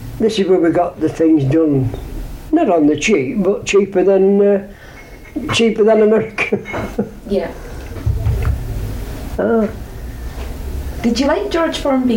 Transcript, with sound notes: this is where we got the things done, not on the cheap, but cheaper than eh, cheaper than America. [laughs]
Yeah.
Aye.
Did you like George Formby?